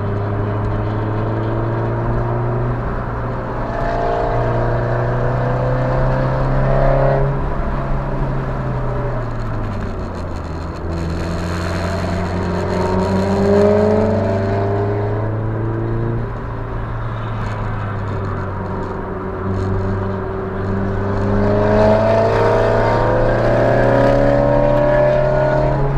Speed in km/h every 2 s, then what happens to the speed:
82, 79, 89, 95, 63, 63, 69, 81, 69, 66, 72, 84, 97.
3-6 speeds up to 95. 6-8 brakes to 63. 11-14 speeds up to 81. 14-17 brakes to 66. 19-26 speeds up to 97.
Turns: 0-4, 8-12, 14-20.